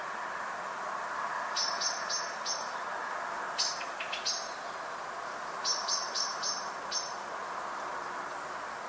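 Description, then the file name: Common blackbird giving quick runs of thin, sharp, high call notes in two clusters, with a softer scattered note between, over constant low rushing noise. "Turdus merula"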